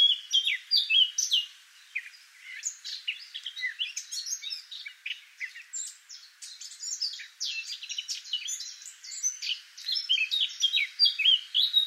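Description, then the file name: Eurasian blackcap song: a long, dense run of quick scratchy and warbled notes at varied high pitches, with only brief lulls. "Sylvia atricapilla"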